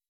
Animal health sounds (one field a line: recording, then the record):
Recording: hydrophone in a shrimp aquaculture tank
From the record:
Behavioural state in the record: weakened